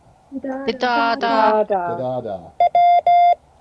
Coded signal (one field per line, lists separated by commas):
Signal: Morse code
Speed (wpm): 17 wpm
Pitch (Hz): 700 Hz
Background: speech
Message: NEW